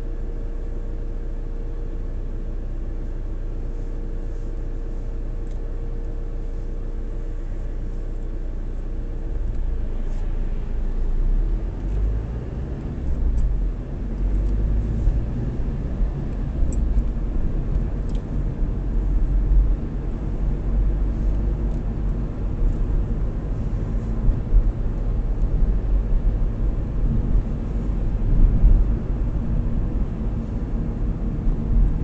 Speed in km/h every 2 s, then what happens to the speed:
0, 0, 0, 0, 0, 8, 19, 34, 34, 34, 36, 39, 42, 40, 40, 38.
0-8 standing. 8-23 pulls away to 42. 23-32 steady at about 40.